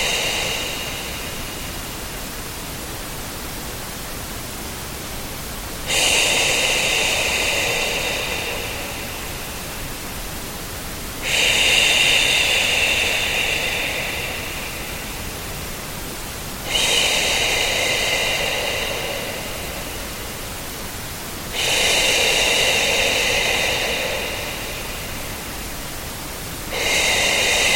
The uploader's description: combination of pink noise and a human shushing sound